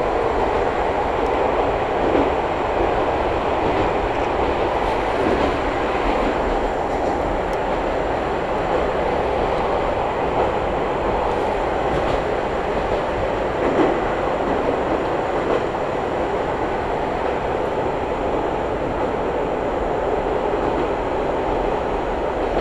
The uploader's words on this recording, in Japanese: 伊豆箱根鉄道 大雄山線 小田原→大雄山。列車は３両編成で12分間隔と単線区間の中では最も頻繁に走る路線の一つです。